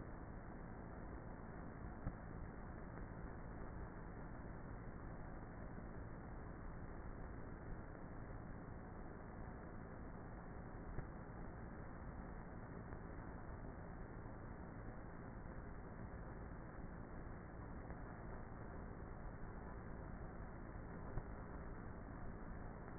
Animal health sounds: honeybee colony, microphone inside the hive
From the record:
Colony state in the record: queenless with a low population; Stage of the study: before two queens were removed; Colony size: about 30,000 bees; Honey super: no

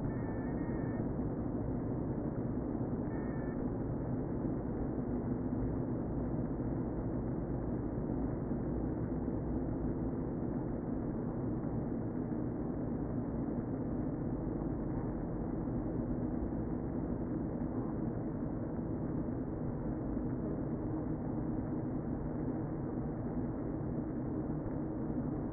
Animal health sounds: honeybee colony, microphone inside the hive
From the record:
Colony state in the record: queen present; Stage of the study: before two queens were removed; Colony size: about 60,000 bees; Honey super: yes

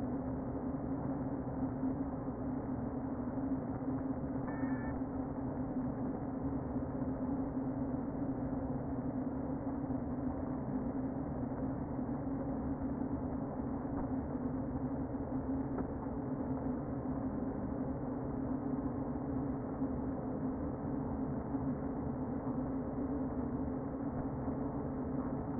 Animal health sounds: honeybee colony, microphone inside the hive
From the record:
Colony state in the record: queen present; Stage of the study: before two queens were removed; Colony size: about 60,000 bees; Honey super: yes

